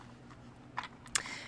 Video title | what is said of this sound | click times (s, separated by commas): The NEW Episode | and then they go right into this nice little thing get snapped right in there and then it's got | 1.2 s